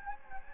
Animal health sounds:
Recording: mosquito wingbeat signal from an infrared sensor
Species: Anopheles gambiae

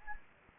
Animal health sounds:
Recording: mosquito wingbeat signal from an infrared sensor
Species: Anopheles gambiae

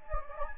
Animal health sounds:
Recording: mosquito wingbeat signal from an infrared sensor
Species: Anopheles gambiae

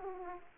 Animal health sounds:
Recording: mosquito wingbeat signal from an infrared sensor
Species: Aedes aegypti

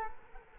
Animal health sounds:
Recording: mosquito wingbeat signal from an infrared sensor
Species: Culex quinquefasciatus

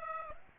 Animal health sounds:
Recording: mosquito wingbeat signal from an infrared sensor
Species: Aedes aegypti

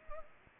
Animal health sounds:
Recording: mosquito wingbeat signal from an infrared sensor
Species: Culex pipiens

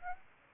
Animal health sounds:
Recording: mosquito wingbeat signal from an infrared sensor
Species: Aedes aegypti

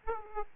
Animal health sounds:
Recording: mosquito wingbeat signal from an infrared sensor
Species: Aedes aegypti

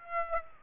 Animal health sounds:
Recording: mosquito wingbeat signal from an infrared sensor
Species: Aedes aegypti

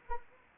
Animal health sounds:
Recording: mosquito wingbeat signal from an infrared sensor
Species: Anopheles arabiensis

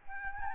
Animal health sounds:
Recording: mosquito wingbeat signal from an infrared sensor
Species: Aedes albopictus

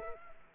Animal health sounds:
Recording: mosquito wingbeat signal from an infrared sensor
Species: Culex quinquefasciatus

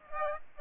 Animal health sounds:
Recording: mosquito wingbeat signal from an infrared sensor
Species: Aedes aegypti

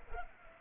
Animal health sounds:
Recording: mosquito wingbeat signal from an infrared sensor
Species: Culex pipiens

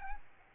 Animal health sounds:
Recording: mosquito wingbeat signal from an infrared sensor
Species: Aedes albopictus

